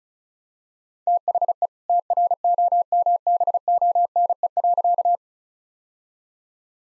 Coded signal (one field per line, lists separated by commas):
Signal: Morse code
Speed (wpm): 34 wpm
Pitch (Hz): 700 Hz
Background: none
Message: THE TROMBONE.